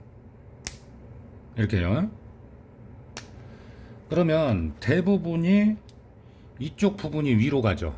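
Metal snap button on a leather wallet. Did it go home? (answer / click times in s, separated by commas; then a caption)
yes / 0.7 s. A replaced metal snap button on a leather wallet is pressed closed to check that it clicks and shuts well, giving a sharp click at 0.7 s that shows it has seated. A second brief sharp transient comes at about 3.2 s, and someone talks in between and afterward.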